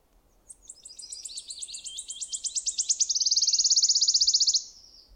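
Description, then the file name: Wood warbler song: a series of high ticking notes that speeds up into a shimmering, accelerating trill, about four seconds in all, then stops. "fluiter zang"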